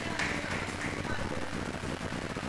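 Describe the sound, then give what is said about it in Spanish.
Steady applause at a seminar, a dense crackle of many hands clapping at an even loudness through the whole stretch, with a faint murmur of voices mixed in. “¡Uy, un aplauso!”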